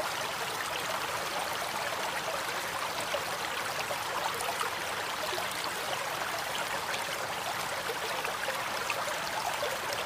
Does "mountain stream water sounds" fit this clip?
yes